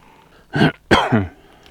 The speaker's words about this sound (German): Räusper. Ja, da kommt das letzte bisschen Sprudel noch aus der Lunge nach oben. Ist vielleicht noch die eine oder andere Alveole dabei und dann ist aber auch wieder sauber da drin, ne? Flimmerhärchen schön geputzt. Kann man wieder ordentlich atmen.